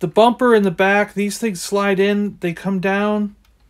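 Someone talks while handling a plastic bumper piece at the back of a vintage Thunder Hawk M.A.S.K. toy vehicle, sliding it in and pushing it down into the body. Speech fills nearly the whole clip before trailing into near silence. The part has not seated or clicked into place yet.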